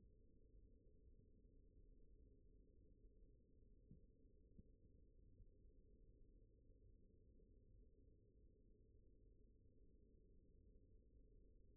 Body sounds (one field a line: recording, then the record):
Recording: forearm muscle sounds (acoustic myography)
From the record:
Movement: rest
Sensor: system 1, eight BSWA MPA416 microphones around the upper forearm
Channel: 5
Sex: male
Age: 42 years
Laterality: right